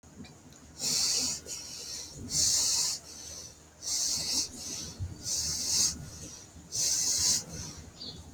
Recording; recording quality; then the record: shallow breathing; excellent, no background noise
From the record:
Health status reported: healthy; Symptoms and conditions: none ticked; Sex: female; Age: 60 years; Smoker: not ticked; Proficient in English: yes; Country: India